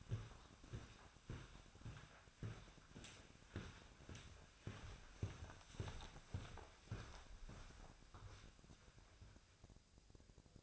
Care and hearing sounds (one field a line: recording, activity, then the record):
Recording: daily activity, microphone in the room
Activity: walk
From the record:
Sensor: 2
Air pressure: 1009.2 hPa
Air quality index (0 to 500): 178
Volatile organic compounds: 2 ppm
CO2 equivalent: 1302 ppm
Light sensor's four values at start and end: 47/122/53/58 and 48/125/53/59